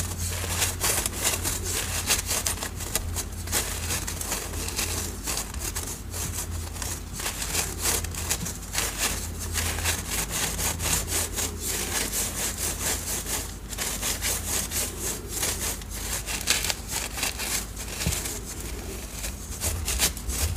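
Dyed chalk and cornstarch being crunched and mixed into paste, a dense, steady gritty scraping with rapid rough strokes and a low hum underneath.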